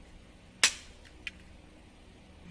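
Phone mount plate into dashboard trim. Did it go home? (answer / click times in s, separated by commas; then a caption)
yes / 0.6 s. A phone mount base plate with three small prongs is pushed by hand into the dash trim opening of a Tundra truck, and it snaps in with a loud, sharp click at 0.6 s. Two fainter ticks follow at about 1.1 and 1.3 s. The plate is seated, having taken a little force to push in.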